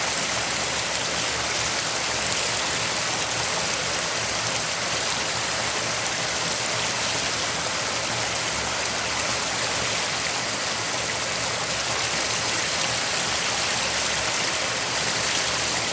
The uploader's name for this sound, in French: Chute d'eau - bruit blanc